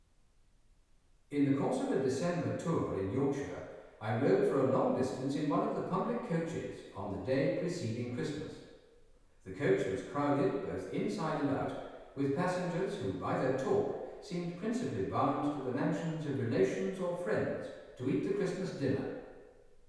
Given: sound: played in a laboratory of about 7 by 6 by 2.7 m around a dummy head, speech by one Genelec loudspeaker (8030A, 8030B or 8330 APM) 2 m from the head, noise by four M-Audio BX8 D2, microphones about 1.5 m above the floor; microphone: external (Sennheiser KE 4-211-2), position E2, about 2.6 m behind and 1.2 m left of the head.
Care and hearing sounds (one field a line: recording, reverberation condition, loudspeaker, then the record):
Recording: male speech in English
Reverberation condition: high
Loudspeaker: 90 degrees to the right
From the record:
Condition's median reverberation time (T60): about 1300 ms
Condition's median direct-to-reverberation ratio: about -4.0 dB